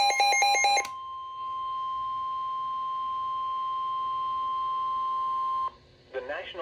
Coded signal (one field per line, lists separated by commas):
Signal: Emergency Alert System (SAME) tones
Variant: 1050 Hz attention tone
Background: speech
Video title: NOAA Weather Radio - Severe Thunderstorm Warning [EAS #138] (5/20/22)